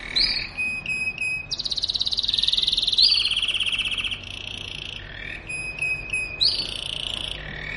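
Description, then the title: Belgian canary singing rapid rolled trills and buzzy high tours, switching between pulsed rattles and clear whistled notes, several seconds of steady varied song. Belgian canary song played to warm up and stimulate other canaries to sing; mating song. "Canto Para Esquentar Canário Belga. suara kenari kawin"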